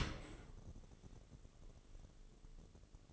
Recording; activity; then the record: daily activity, microphone in the room; open dishwasher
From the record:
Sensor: 4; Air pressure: 1015.8 hPa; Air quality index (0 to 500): 95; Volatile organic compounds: 2 ppm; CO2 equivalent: 1058 ppm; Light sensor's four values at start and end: 9/19/8/7 and 9/19/7/7